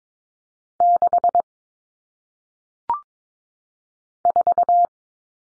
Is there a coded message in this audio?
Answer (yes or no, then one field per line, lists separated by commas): yes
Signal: Morse code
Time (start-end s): 0.8-4.9 s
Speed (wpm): 22 wpm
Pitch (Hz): 700 Hz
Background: none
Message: 6 4